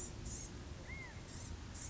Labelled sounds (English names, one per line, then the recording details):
Blue-gray Gnatcatcher
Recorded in Sonoma County, California